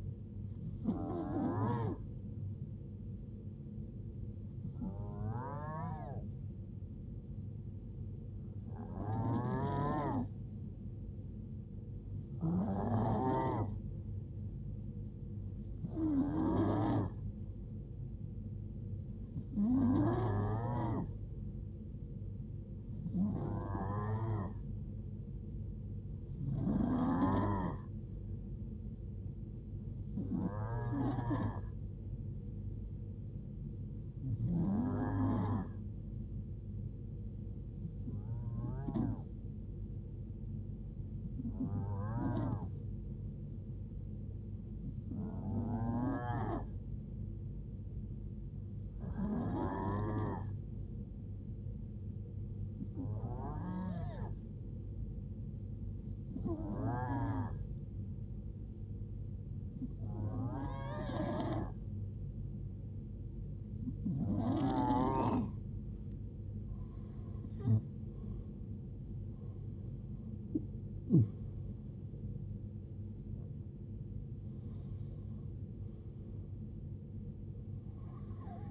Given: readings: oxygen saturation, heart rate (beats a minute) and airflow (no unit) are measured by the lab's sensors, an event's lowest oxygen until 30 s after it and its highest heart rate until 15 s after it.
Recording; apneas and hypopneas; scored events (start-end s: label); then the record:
breathing in sleep by a smartphone at the bedside; 1
30.00-60.00 s: new sleep stage, N2 (light sleep)
34.00-69.50 s: hypopnea (N2, oxygen 92% highest, then 91% lowest, heart rate 71 at the start, 84 highest)
60.00-78.71 s: new sleep stage, N1 (lightest sleep)
From the record:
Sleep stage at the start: N1 (lightest sleep); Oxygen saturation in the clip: 91 to 92%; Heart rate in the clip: 63 to 83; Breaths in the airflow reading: 21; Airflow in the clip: -10.0 to 9.4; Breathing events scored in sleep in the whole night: 389 in 6.3 hours asleep